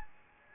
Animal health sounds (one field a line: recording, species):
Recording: mosquito wingbeat signal from an infrared sensor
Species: Anopheles arabiensis